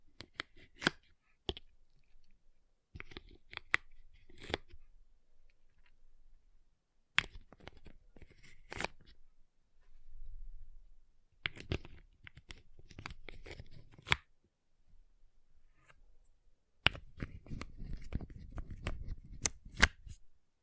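Ice being tapped, scratched and carved, heard as bursts of sharp clicks and scraping strokes separated by short silences. Crisp taps punctuate each burst, and around seventeen seconds a denser, rougher scraping with a low rumble runs almost to the end.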